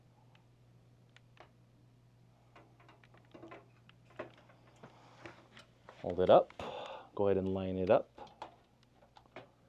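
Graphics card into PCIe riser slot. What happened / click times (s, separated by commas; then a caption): The card is handled and lined up but has not clicked home yet / none. A graphics card is held up and lined up with the PCIe slot on a HYTE PCIe 5.0 Hyper Riser cable while someone talks over a steady low hum. Small scattered taps and ticks of handling are heard throughout. Nothing has seated or clicked yet.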